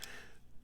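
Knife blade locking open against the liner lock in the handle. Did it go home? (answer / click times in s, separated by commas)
yes / 0.0 s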